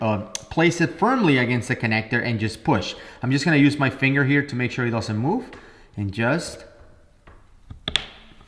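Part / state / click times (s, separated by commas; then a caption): coaxial cable connector onto oxygen sensor / seated / 7.9 s, 8.0 s. Someone talks while a coaxial cable connector is held firmly against a rebreather oxygen sensor, sensor number 1, and pushed on with a finger so it doesn't move. After a quiet pause, sharp clicks come at 7.9 and 8.0 s as the connector seats, leaving the sensor connected and in place.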